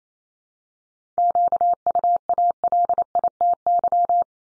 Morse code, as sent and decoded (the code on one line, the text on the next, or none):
--.- ..- .- .-.. .. - -.--
QUALITY